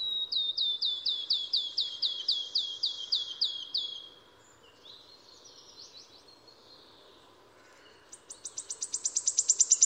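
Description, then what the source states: Wood warbler song, a fast even series of high sharp notes, followed by a softer varied phrase and another fast series of high notes that grows louder. Two quite different song strophes from the same species.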